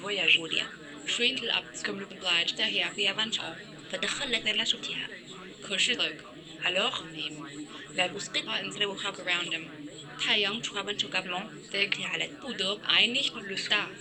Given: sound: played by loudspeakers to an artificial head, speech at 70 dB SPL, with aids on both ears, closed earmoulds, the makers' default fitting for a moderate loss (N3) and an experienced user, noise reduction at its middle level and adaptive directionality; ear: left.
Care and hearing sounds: speech test signal (ISTS) in cocktail-party noise; +3 dB; in front (0 degrees)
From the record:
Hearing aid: class 1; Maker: C

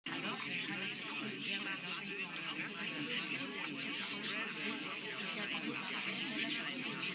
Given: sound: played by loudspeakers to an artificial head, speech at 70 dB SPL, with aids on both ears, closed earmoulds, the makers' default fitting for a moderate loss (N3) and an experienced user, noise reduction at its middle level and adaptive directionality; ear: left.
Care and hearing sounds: speech test signal (ISTS) in cocktail-party noise; -6 dB; on the right (90 degrees)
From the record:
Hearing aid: class 1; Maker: D

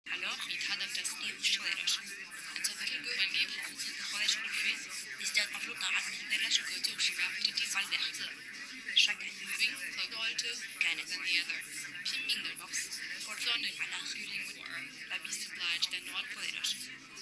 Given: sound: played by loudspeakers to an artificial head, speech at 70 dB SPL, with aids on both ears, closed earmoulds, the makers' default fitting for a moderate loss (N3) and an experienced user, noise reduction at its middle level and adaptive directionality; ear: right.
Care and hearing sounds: speech test signal (ISTS) in cocktail-party noise; -6 dB; in front (0 degrees)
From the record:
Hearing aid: class 2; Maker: H

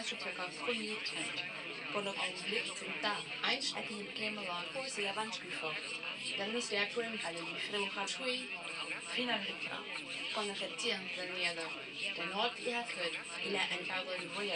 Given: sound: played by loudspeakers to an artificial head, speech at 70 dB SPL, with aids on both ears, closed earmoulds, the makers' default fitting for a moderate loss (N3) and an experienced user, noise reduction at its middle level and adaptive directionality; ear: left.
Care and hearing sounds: speech test signal (ISTS) in cocktail-party noise; +6 dB; on the right (90 degrees)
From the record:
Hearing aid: class 2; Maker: I

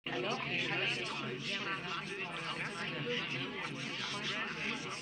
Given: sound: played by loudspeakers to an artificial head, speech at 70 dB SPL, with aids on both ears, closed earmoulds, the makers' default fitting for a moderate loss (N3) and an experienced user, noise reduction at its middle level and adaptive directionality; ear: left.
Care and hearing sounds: speech test signal (ISTS) in cocktail-party noise; -6 dB; on the right (90 degrees)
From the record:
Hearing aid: class 2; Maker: F

